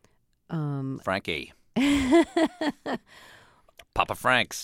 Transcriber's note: laughter